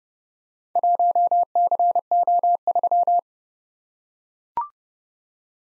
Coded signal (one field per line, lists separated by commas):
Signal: Morse code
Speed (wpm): 30 wpm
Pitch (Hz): 700 Hz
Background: none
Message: 1CO3